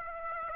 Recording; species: mosquito wingbeat signal from an infrared sensor; Aedes aegypti